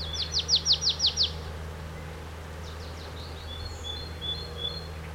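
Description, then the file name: Marsh tit giving one rapid run of seven bright, high chipping notes, followed by faint thin whistles, with a steady low hum underneath. "Poecile palustris"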